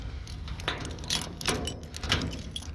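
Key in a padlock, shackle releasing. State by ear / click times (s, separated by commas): released / 2.1 s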